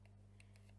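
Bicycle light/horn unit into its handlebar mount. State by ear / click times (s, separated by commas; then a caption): not seated / none. A plastic solar-panel bicycle light and horn unit is pushed onto its handlebar mount, which feels too wide. Only faint handling ticks are heard, near 0.4 s and 0.6 s, over a steady low hum. The unit has not clicked into the mount.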